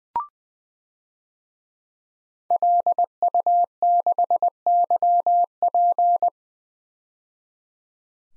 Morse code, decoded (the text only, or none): LU6YP